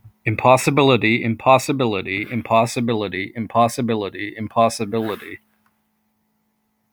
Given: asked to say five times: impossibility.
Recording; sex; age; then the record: repeated word; male; 30 to 39 years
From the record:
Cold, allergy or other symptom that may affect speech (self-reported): no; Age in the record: 39 years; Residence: Pennsylvania, United States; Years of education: 16